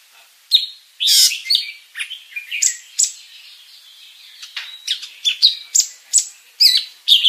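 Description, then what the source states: Greater green leafbird song with harsh bursts, whistled slurs and bright chirps; a quieter stretch in the middle, then lively notes again. Described as a world champion bird singing a full 'isian' repertoire of inserted song phrases while flapping its wings.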